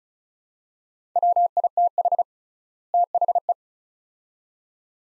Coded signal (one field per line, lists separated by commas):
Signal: Morse code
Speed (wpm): 34 wpm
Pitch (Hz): 700 Hz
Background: none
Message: WITH THE